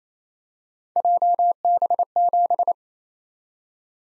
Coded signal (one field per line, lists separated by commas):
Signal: Morse code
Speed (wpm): 29 wpm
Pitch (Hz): 700 Hz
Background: none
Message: JB7